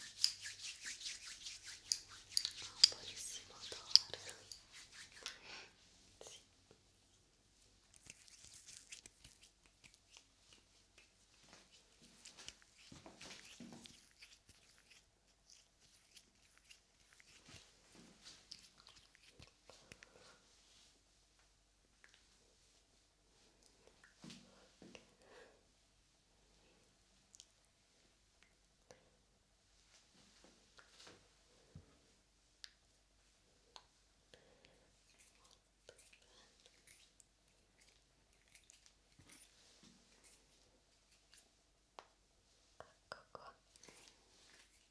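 Hair clipper and scissor sounds. A buzzing clipper runs for the first five seconds with a low hum under a bright hiss, then stops. After that come sparse, irregular snips and clicks in short clusters, with long quiet gaps between them until the end.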